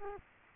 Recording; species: mosquito wingbeat signal from an infrared sensor; Culex quinquefasciatus